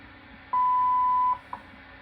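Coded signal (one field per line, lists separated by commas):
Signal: radio time signal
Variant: WWV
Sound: one long steady 1 kHz beep of about 0.8 s, then a single short tick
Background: radio static and hum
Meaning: The 0.8-second 1000 Hz tone marks the start of a new minute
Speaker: at the 21 hourses coin universal time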